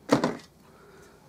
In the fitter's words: and it's locked into place